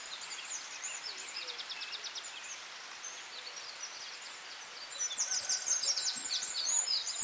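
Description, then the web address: Birds in a dawn chorus: rapid repeated trills and chirps from several birds, growing louder and busier near the end over a constant noisy hiss. Dawn chorus in Anglesey, Wales. "beanstalk-audio Dawn chorus in Anglesey Wales"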